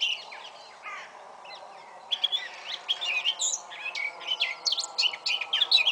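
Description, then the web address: Eurasian blackcap song: after a quiet, scratchy start, a fast, varied warble of bright chirps and rising and falling notes runs from about two seconds onward over a low steady hum. "SETE data Sylvia atricapilla"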